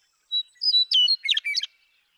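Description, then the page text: Western meadowlark singing one phrase, a pure whistle then quick warbled notes tumbling into a gurgled, twisting finish. One male (Bird 1), Sierra Valley, eastern California, 2018. "Birdsong for the Curious Naturalist: Explore #7. 70. The joy of western meadowlark songs. Sierra Valley in eastern California where, during 2018"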